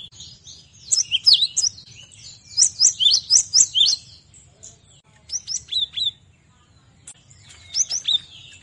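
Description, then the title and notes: Cinereous tit song: quick bright chirping phrases, then a run of repeated high notes, followed by scattered whistled notes and short phrases. Masteran training recording for cage birds. "Masteran Gelatik Batu. burung gelatik"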